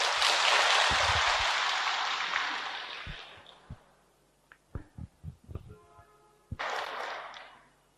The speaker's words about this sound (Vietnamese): Hôm nay ra đây thầy mới cảm nhận được thế nào là mưa xuân của đất Bắc. Mưa như thế này thì đẹp thì có đẹp, nhưng mà lòng của mình sẽ dễ gợi nhớ đến những nỗi niềm u hoài, cứ buồn man mác mà chẳng hiểu buồn việc gì